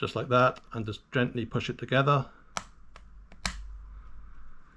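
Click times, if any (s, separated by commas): 2.6 s, 3.5 s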